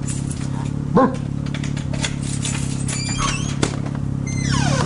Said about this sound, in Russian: Что там такое? Машина. Не слышите, что ли? Извините, к нам, кажется, гости.